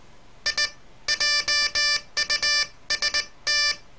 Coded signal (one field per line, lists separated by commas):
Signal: Morse code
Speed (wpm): 19 wpm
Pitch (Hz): 1750 Hz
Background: none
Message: I JUST